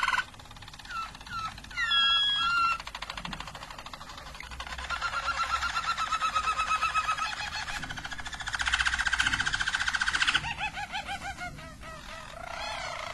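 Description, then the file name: Harz Roller canary song: a few quick notes, then a long smooth rolling tour, a louder roll and more short notes. Belgian Harz Roller canary (canário belga) song. "canto do canario belga harz roller"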